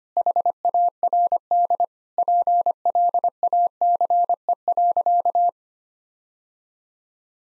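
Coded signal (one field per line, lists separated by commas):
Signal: Morse code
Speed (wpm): 25 wpm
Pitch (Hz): 700 Hz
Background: none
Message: HARD PLACE.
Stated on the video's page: Morse practice set at 25 wpm: sentences of common eight-word phrases for head-copy drill.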